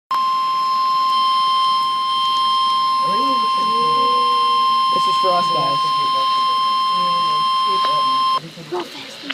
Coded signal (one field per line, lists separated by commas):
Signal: Emergency Alert System (SAME) tones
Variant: 1050 Hz attention tone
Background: speech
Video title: Flood Warning (EAS #909)